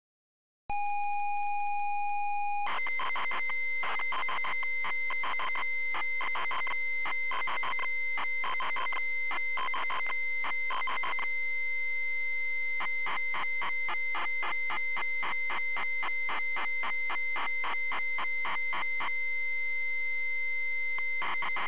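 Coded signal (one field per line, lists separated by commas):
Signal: ZX Spectrum tape loading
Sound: two seconds of steady buzzing pilot tone, then harsh rasping data screech with rhythmic pulsing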